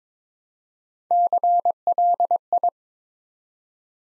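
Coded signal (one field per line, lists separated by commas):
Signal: Morse code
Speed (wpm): 22 wpm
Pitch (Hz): 700 Hz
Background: none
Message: CLI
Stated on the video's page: Morse practice set at 22 wpm, building 5-letter words one letter at a time for instant character recognition training.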